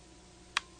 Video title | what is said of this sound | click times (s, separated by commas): AGI 133 Marlin 39 & 39A Rifle Armorer's Course | You hear that click? It's now cocked. | 0.6 s